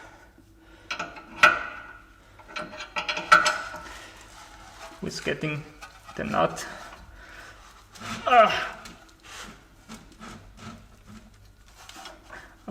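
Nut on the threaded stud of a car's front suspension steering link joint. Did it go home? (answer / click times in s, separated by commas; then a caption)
no / 11.9 s. While removing a front suspension steering link joint from a Jaguar S-Type, a nut is worked over a damaged portion of the joint's threaded stud, making rubbing and grinding sounds as someone talks. A sharp click comes at 11.9 s as the stud thread strips.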